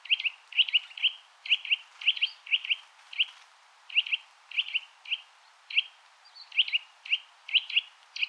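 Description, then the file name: Eurasian nuthatch calls: clear, high, piping notes, mostly in pairs, repeated steadily about two or three times a second with brief gaps. "Sitta europaea"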